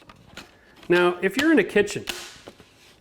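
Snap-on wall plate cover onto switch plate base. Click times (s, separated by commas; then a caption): 0.1 s, 0.4 s. A snap-on cover plate is pressed onto a screwed-on plastic switch plate base over backsplash tile. Two short clicks at 0.1 s and 0.4 s show it snapping into place, and then someone talks.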